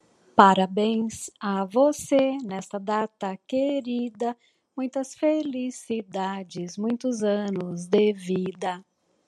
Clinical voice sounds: short text; Brazilian Portuguese; female; 50 to 59 years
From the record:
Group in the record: control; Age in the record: 56 years

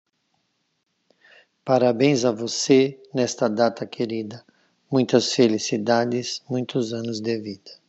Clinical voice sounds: short text; Brazilian Portuguese; male; 50 to 59 years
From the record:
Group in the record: control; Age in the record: 57 years

